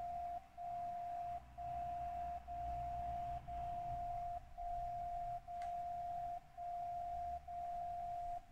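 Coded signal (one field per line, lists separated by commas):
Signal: radio time signal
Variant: DCF77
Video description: In this video, I'm receiving the time signal with Software Defined Radio from SDRPlay - RSP1A tuned to 77.5 kHz and a Tecsun MW Ferrite Antenna on the right side. (the annoying sound you hear in the background)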